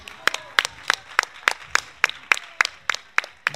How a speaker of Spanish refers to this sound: un fuerte aplauso para …